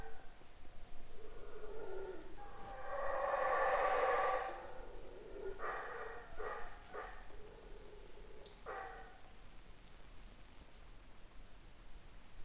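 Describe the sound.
Howler monkey roar swelling into a long loud harsh howl, then broken grunting pulses and quieter rough calls.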